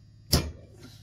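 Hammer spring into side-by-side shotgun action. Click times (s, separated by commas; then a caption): 0.3 s. A slightly over-long hammer spring is pressed with a tool into the lockwork of a Remington 1900 side-by-side shotgun action. A single sharp snap is heard at 0.3 s against a quiet background, and the spring is seated in place.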